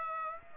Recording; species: mosquito wingbeat signal from an infrared sensor; Aedes aegypti